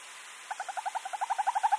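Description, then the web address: Northern hawk-owl giving a rapid trill of quick, evenly spaced hooting pulses that start softly and swell steadily louder over about one and a half seconds. Male giving its display call. "Schulze Peter Hawk Owl"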